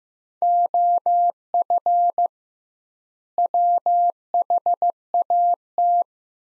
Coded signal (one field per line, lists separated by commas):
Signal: Morse code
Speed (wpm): 15 wpm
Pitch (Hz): 700 Hz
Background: none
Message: OF WHAT